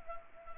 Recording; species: mosquito wingbeat signal from an infrared sensor; Anopheles arabiensis